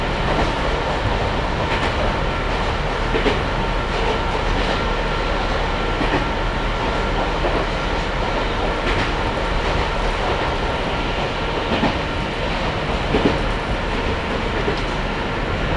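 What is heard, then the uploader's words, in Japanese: A Sangi Railway train runs with a steady low rumble and rattle, with faint clicks and brief knocks recurring every second or two. 三岐鉄道三岐線 西藤原→北勢中央公園口。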